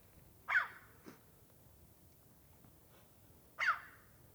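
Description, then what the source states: Crow calls, two loud harsh caws three seconds apart with a couple of faint short notes between them, otherwise quiet. Crows in the mountains.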